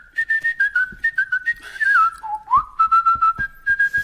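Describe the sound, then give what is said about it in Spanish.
Someone whistles a quick tune of short, clipped notes, holding mostly one bright pitch, dipping lower and sliding back up midway, then resuming the steady rhythmic phrase. No talking. “Bueno, ponos unos silbitos, no sé por dónde van.”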